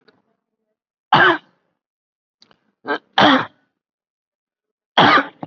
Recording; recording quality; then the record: shallow voluntary cough; excellent, no background noise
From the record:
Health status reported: COVID-19 positive, mild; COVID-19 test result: positive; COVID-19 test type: RT-PCR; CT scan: taken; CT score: 5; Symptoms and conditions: cough, breathing difficulty, fever, another respiratory illness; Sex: male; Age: 56 years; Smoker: no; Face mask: not worn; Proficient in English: no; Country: India